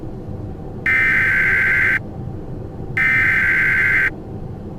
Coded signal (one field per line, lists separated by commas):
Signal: Emergency Alert System (SAME) tones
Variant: header bursts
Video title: (MY FIRST GOOD EAS MOCK) dust storm warning for midland Texas EAS